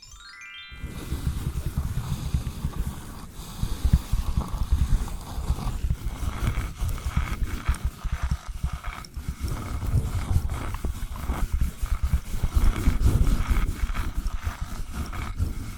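Invisible tapping, scratching and tracing fill the recording with a dense, busy stream of soft rubbing and quick taps, mostly low and muffled with occasional brighter clicks. A short rising chirp of tones opens the first second before the scratching begins and continues steadily to the end.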